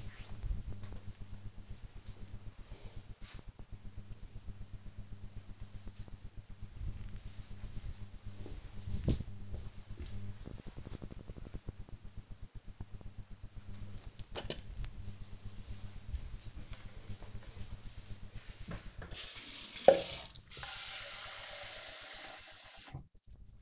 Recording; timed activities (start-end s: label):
household activities, microphone on the right wrist
13.03-23.62 s: watering plant